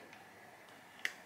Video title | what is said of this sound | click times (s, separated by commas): CARTIER UNBOXING, SHOPPING IN LONDON & SKIN CARE ROUTINE - VLOG - Freya Killin | did you hear that click | 1.0 s